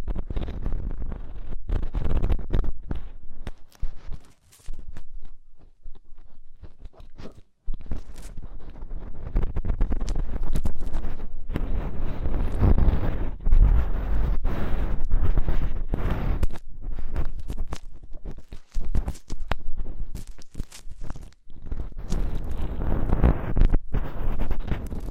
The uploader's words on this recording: ASMR INTENSE Deep Ear Cleaning (No Talking).